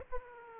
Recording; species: mosquito wingbeat signal from an infrared sensor; Aedes aegypti